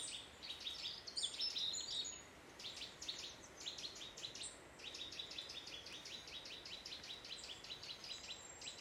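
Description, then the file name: Eurasian nuthatch calling in fast series of short piping notes, repeated in runs over several seconds against faint background noise. "Sitta europaea"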